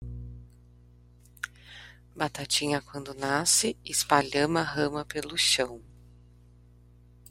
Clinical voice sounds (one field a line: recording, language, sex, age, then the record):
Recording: short text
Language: Brazilian Portuguese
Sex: female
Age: 30 to 39 years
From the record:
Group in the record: control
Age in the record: 32 years